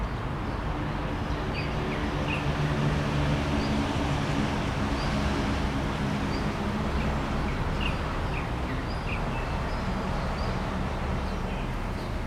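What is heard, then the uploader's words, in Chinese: Steady city rumble with a low traffic drone throughout, while short, high bird chirps pop out scattered every second or two. 傅園 原本是 臺北帝國大學 理農學部的 熱帶 植物園 。這段聲音,是在4月底錄製的!這城市的緊湊步調,搭配上高亢的鳥叫聲,是忙碌城市中低調的優雅。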